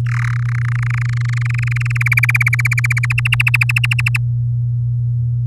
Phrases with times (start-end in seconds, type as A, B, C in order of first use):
0.06-0.34 A, 0.36-2.03 B, 2.06-3.06 C, 3.10-4.17 D